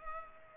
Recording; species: mosquito wingbeat signal from an infrared sensor; Culex pipiens